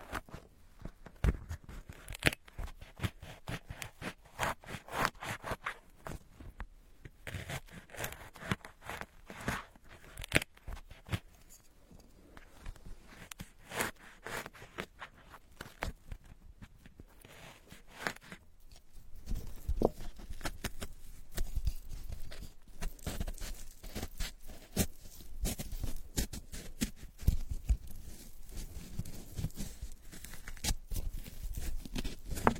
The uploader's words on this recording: Peeling a sweet orange can be so healing!!